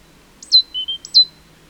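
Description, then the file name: Great tit calls: two high, sharp notes dropping quickly, with a short, thin, lower whistle between them, given in a brief pair. "Parus major"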